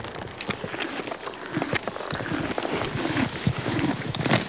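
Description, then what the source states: Horse chewing grass, with dense crunchy bites and rustling throughout over a constant background hiss. Horse eating grass.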